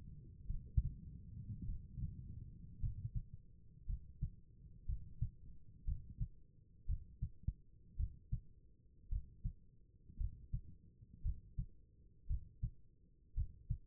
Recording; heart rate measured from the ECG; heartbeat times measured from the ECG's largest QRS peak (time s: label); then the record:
heart sounds by stethoscope; 56 bpm
0.47 s: heartbeat
1.66 s: heartbeat
2.80 s: heartbeat
3.86 s: heartbeat
4.86 s: heartbeat
5.85 s: heartbeat
6.86 s: heartbeat
7.96 s: heartbeat
9.09 s: heartbeat
10.17 s: heartbeat
11.22 s: heartbeat
12.27 s: heartbeat
13.34 s: heartbeat
From the record:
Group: healthy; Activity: cold pressor test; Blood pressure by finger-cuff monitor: 106/64 mmHg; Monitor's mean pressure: 76 mmHg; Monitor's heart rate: 57 bpm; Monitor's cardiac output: 4.6 L/min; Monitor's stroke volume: 82 mL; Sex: female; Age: 36 years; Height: 163 cm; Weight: 88 kg